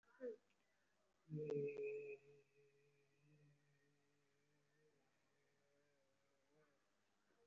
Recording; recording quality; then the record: sustained vowel as in made; poor, much background noise or distortion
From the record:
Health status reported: respiratory illness, not identified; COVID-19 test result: negative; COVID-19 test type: RT-PCR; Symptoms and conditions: breathing difficulty, chronic lung disease, hypertension, diabetes, ischaemic heart disease, another condition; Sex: male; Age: 64 years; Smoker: yes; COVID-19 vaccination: both doses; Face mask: worn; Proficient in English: yes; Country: India